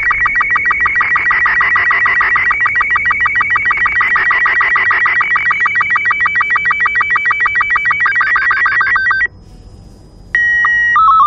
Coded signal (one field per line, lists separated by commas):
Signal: SSTV (slow-scan television)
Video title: Portal 2: Developer Commentary SSTV decoded (turn down your volume)